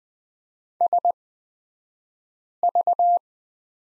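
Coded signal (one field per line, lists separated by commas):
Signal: Morse code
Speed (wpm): 20 wpm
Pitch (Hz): 700 Hz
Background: none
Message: SV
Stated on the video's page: Morse course lesson on the prosign BK at Farnsworth speed 20/10 wpm.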